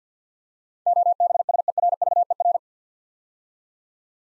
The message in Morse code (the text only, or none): OBSERVER